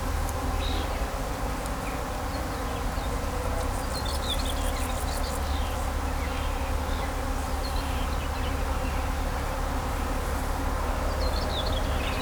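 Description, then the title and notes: Bees droning steadily, with a short rapid ticking trill and scattered chirping birds over traffic rumble. Bees in vineyards at Kallstadt, Germany, in rural countryside, with birds singing and road traffic sounds. "In den Reben, Kallstadt, Deutschland - In Kallstadt summen die Bienen. Natur, Weinreben, Bienen summen, Vögel singen, Fahrgeräusche von Straße, Land"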